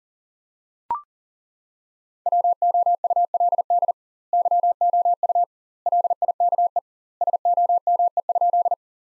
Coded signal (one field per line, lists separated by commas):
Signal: Morse code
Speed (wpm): 37 wpm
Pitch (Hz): 700 Hz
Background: none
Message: WOULD YOU LIKE SOME?